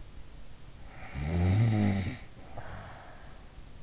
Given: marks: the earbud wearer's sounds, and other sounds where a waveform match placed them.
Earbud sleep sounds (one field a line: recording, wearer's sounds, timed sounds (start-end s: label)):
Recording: sounds in sleep by an in-ear microphone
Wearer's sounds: snoring breath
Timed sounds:
0.87-3.55 s: snoring breath